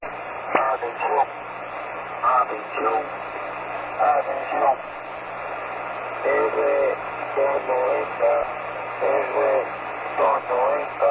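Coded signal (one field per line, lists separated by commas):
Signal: numbers station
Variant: V20, Spanish male voice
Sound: a man's voice reading short separate words through steady shortwave hiss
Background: radio static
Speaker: I am now going to play you a short snippet of the V20 broadcast so you can hear what V20 sounds like.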